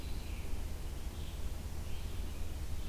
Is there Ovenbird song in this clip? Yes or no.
no